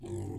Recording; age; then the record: pig call; weaner (32 to 43 days)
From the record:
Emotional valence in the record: positive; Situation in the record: positive conditioning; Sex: female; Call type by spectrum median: low-frequency call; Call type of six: low-frequency stable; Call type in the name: low-frequency stable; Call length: 0.39 s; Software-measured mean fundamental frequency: 47 Hz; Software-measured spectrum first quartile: 109 Hz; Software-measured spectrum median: 258 Hz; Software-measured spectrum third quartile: 457 Hz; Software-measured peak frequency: 346 Hz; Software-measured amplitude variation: 119 dB a second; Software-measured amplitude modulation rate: 25.8 a second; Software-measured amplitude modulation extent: 4.6 dB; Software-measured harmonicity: 2.8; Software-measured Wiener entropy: -0.05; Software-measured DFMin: 1025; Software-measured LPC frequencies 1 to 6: 330, 2014, 2711, 3375, 4090, 4893 Hz